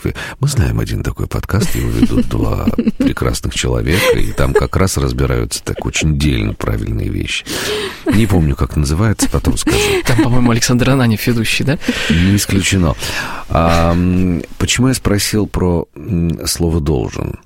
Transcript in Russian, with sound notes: мы знаем один такой подкаст, его ведут два прекрасных человека, и там как раз разбираются так очень дельно правильные вещи. Не помню, как называется, потом скажу. (смеются)

— Там, по-моему, Александр Ананьев ведущий, да?

— Не исключено. Почему я спросил про слово «должен»?